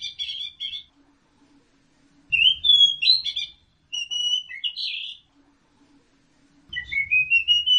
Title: Burung Anis Merah